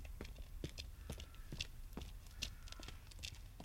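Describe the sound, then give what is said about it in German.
Footsteps of two men walking behind someone on a deserted street, a steady run of sharp, crisp heel strikes that overlap slightly, heard alone over a low, constant background hum. “Nach einer Weile hörte Simon Schritte.”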